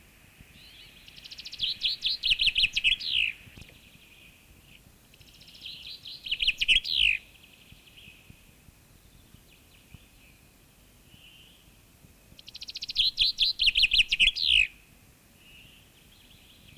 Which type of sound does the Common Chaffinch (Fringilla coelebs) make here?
song